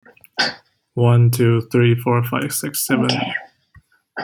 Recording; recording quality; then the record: counting at a normal pace; poor, much background noise or distortion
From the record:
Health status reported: healthy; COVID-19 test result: negative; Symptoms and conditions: none ticked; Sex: male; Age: 23 years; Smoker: not ticked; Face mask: not worn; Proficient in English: yes